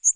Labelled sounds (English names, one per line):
Northern Waterthrush flight call